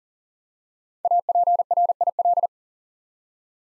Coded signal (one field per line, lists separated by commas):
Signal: Morse code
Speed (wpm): 39 wpm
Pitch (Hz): 700 Hz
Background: none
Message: APRIL